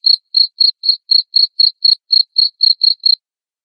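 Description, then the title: Cricket producing thirteen crisp high chirps at a steady four-per-second pace, then falling silent. Loud chirping cricket sound used to stimulate lovebirds into singing continuously. "Suara JANGKRIK NGERIK Keras Bikin LOVEBIRD Jadi NGEKEK Terus"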